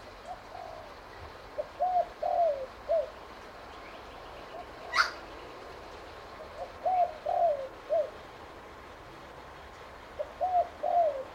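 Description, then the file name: Spotted dove repeating several cooing phrases of soft hoarse coos with a longer falling note, and one brief sharp sound in between. "BIRD SPOTTED TURTLE DOVE CALL"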